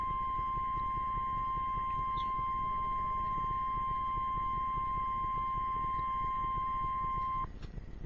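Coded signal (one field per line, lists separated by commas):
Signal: Emergency Alert System (SAME) tones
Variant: 1050 Hz attention tone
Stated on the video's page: Tornado Warning alert tones issued for Indiana and Kentucky.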